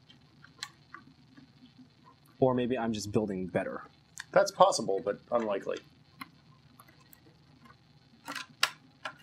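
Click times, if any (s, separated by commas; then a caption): 8.6 s. A plastic toy brick is pressed onto another plastic brick while building, and they snap together. Someone talks through the middle of the clip, with faint light ticks before and after. A sharp, bright click at 8.6 seconds marks the brick seating firmly.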